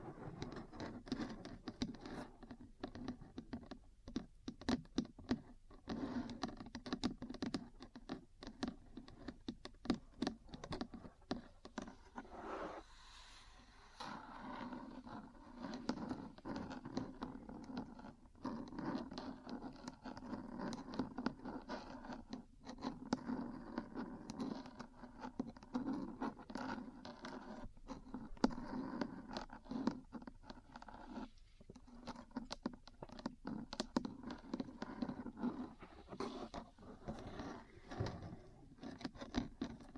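Metal parts tap and scratch continuously, with dense, irregular clicks and short scrapes scattered across the whole span. A low steady hum runs underneath, and there is a brief quieter dip around thirteen seconds before the busy tapping resumes.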